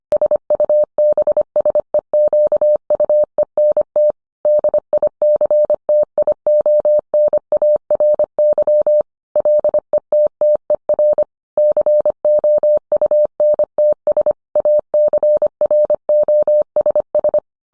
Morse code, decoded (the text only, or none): SUBSEQUENT DICTIONARY LETTER COUNTS ACROSS